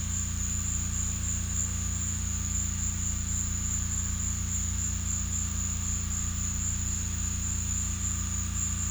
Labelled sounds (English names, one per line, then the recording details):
none
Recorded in secondary vegetation near Puerto Asís, Putumayo, Colombia, on 18 December 2024 at 14:00
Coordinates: 0.485, -76.322
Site GP08